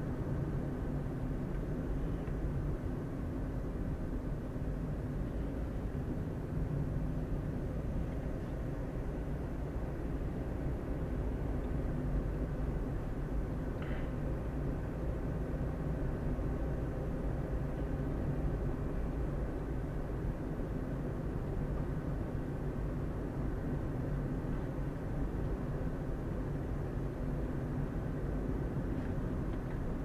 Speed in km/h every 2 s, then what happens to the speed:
32, 29, 26, 27, 29, 31, 32, 32, 31, 34, 33, 32, 33, 34, 33.
0-30 steady at about 32.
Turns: none.